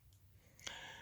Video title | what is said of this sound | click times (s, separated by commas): Bissell 3-in-1 Lightweight Vac Unboxing and Assembly Tutorial (2030U) | it locks into place just like that | 0.7 s